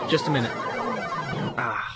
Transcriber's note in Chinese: video game sounds stop